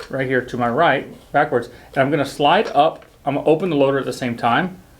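Someone talks while moving the rear capacity extension slide backwards on the plastic shell of a Dye R2 Rotor paintball hopper and opening the loader at the same time, to extend its capacity from 200 to 260. The slide has not locked into place yet, and nothing has seated or clicked.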